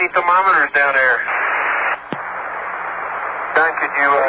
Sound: TV off. Comm noise increases